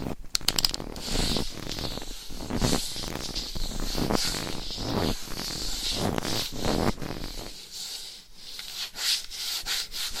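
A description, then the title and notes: Scratchy rubbing across a microphone in repeated strokes, like fingernails or sandpaper dragged over its surface. The strokes are dense and irregular, with a few sharp taps near the start, and the sound turns thinner and brighter after about seven seconds. ASMR Mic Scratching - Brain Scratching Hypnotic Asmr No Talking for Sleep with Long Nails.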